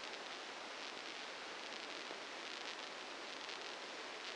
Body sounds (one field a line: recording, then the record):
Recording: brain microelectrode recording played as sound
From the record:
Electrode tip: inside the subthalamic nucleus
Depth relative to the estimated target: -3 mm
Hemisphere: left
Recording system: NeuroSet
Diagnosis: Parkinson's disease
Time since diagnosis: 8 years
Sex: male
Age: 59 years